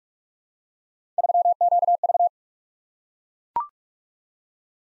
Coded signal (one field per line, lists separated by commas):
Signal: Morse code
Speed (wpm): 44 wpm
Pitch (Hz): 700 Hz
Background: none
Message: 3QV